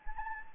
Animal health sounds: mosquito wingbeat signal from an infrared sensor; Anopheles gambiae

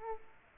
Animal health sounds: mosquito wingbeat signal from an infrared sensor; Aedes aegypti

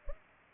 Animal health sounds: mosquito wingbeat signal from an infrared sensor; Culex pipiens

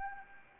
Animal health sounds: mosquito wingbeat signal from an infrared sensor; Anopheles gambiae

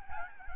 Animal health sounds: mosquito wingbeat signal from an infrared sensor; Aedes albopictus

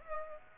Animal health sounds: mosquito wingbeat signal from an infrared sensor; Aedes aegypti

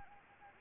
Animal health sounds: mosquito wingbeat signal from an infrared sensor; Anopheles gambiae

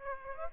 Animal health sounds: mosquito wingbeat signal from an infrared sensor; Aedes aegypti

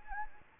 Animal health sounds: mosquito wingbeat signal from an infrared sensor; Anopheles gambiae

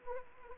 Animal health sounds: mosquito wingbeat signal from an infrared sensor; Anopheles arabiensis

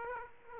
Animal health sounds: mosquito wingbeat signal from an infrared sensor; Aedes aegypti

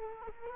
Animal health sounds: mosquito wingbeat signal from an infrared sensor; Culex quinquefasciatus

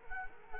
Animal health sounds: mosquito wingbeat signal from an infrared sensor; Culex quinquefasciatus

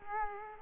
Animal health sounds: mosquito wingbeat signal from an infrared sensor; Culex quinquefasciatus

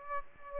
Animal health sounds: mosquito wingbeat signal from an infrared sensor; Aedes aegypti

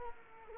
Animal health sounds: mosquito wingbeat signal from an infrared sensor; Culex quinquefasciatus

